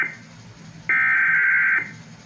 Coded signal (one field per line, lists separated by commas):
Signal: Emergency Alert System (SAME) tones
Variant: header bursts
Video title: EAS: Shelter in Place Warning (cancellation message) (7/6/20)(EAS #394)